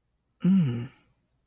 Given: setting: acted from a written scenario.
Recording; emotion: vocal sound without words; desire